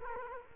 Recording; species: mosquito wingbeat signal from an infrared sensor; Culex quinquefasciatus